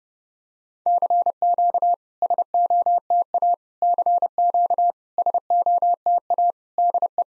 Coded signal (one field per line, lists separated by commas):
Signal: Morse code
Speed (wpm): 30 wpm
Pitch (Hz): 700 Hz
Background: none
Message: CQ SOTA CQ SOTA DE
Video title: SOTA QSO Practice 30wpm